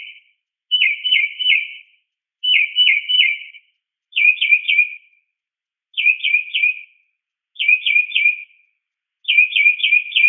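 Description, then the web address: Mockingbird calls: bursts of three or four quick, sharp chirping notes repeated at a steady pace, with silence between. Multiple calls. "SFXSource. Mocking Bird Multi 5"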